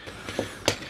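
A plastic piece on the leg of a Hasbro Transformers Siege Ultra Magnus Leader Class figure (War for Cybertron Trilogy) is shifted down during transformation. Soft plastic handling and a brief tap near 0.4 s lead to a sharp, loud hit at 0.7 s as the part slides. Nothing has seated or clicked yet.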